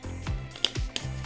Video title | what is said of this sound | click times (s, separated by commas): HPM RS-X1 Ultra 4 Axial SCX10 Pro Crawler Chassis | there you go, snaps right in. | 0.6 s, 1.0 s